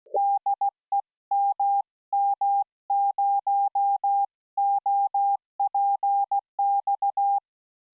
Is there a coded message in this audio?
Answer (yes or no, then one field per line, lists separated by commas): yes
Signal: Morse code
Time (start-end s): 0.2-7.4 s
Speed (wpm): 16 wpm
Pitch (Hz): 800 Hz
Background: none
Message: DE MM0OPX